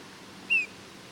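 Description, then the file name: Eurasian bullfinch uttering a single brief, soft whistled note that slides gently downward. "Pyrrhula pyrrhula"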